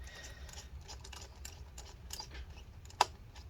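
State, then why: Released. On a Lenovo ThinkPad X1 Extreme, a push on the other side of the laptop keyboard releases the second retaining clip in the palmrest chassis. Soft ticks and scrapes come before a sharp click at 3.0 s, when the clip snaps free and releases. Someone talks.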